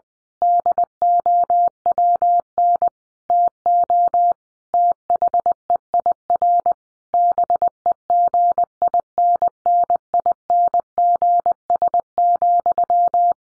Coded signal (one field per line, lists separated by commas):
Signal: Morse code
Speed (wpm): 20 wpm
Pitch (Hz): 700 Hz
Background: none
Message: DOWN TO THEIR BEGINNINGS,